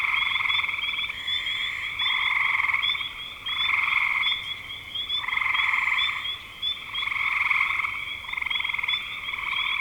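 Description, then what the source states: A chorus of frogs giving rasping pulsed trills in repeated bursts with short gaps between, and a continuous high tone behind. Recorded in spring 2025.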